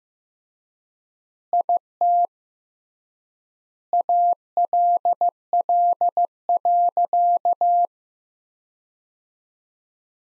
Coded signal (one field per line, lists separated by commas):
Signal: Morse code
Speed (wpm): 15 wpm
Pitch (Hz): 700 Hz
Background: none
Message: IT ALL.